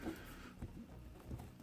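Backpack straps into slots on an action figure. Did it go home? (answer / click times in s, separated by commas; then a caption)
no / none. A plastic backpack is fitted onto a Black Series Dengar (ESB) action figure, with its strap pegs pushed toward the small slots, giving faint handling rustle and soft taps around 0.6 s and at 1.7 s. The straps sit in position, but nothing has clicked into the slots.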